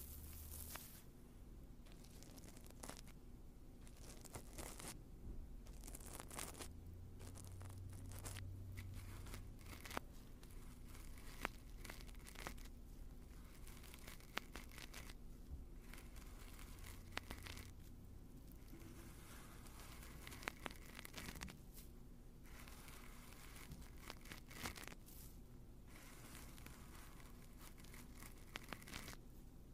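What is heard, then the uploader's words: Ear cleaning with odd objects: a constant low hum sits under dense, close scratching and rubbing that comes in bursts of crinkly, papery texture. Sharp clicks and brief louder scrapes break through every second or two, with short quieter gaps between rubbing passes. Ear Cleaning With Odd Objects. Tonight, I perform another ear cleaning, but this time with a bunch of odd sounding objects.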